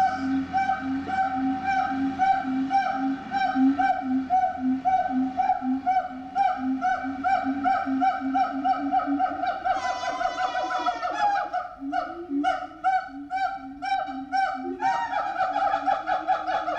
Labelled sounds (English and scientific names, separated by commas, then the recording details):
Siamang (Symphalangus syndactylus)
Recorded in captivity
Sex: pair
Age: adult
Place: Zoo Berlin, Berlin, DE
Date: 1985-05-23 10:12
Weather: sonnig, Wind, 12°C
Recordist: Tembrock, Günter